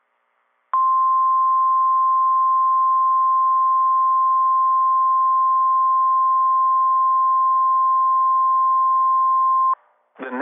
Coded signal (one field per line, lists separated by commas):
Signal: Emergency Alert System (SAME) tones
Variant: 1050 Hz attention tone